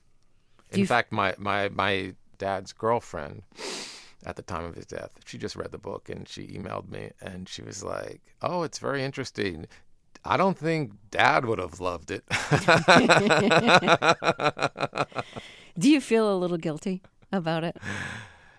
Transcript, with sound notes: In fact, my dad's girlfriend at the time of his death, she just read the book. And she emailed me. And she was like, oh, it's very interesting; I don't think dad would have loved it.
(LAUGHTER)
Do you feel a little guilty about it?